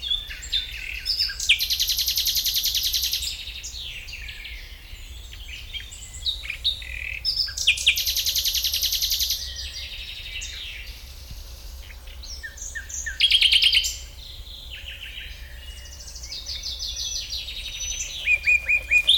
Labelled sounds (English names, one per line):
Common Nightingale